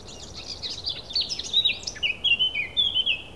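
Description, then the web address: Thrush singing rapid, jumbled high notes that turn into a few drawn-out whistles sliding down in pitch, over low steady noise. A single thrush. "Effects 02-Birds, Insects Animals. Birds single thrush"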